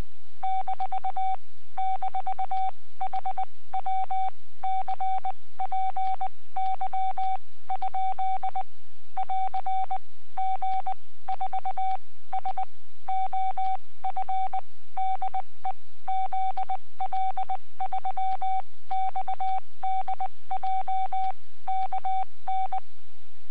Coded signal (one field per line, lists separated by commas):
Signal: Morse code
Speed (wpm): 19 wpm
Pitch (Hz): 760 Hz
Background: none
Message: - - HW CPY ? <AR> G4SOF DE ZL3XDJ KN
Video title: Webcam video from 14 January 2015 08:14 (UTC) G4SOF, 40M CW QSO